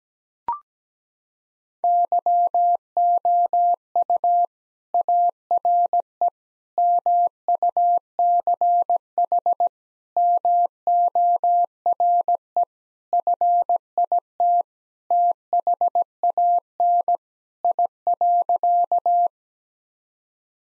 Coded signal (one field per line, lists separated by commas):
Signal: Morse code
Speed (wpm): 17 wpm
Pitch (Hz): 700 Hz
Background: none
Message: YOU ARE MUCH MORE FIT THAN I.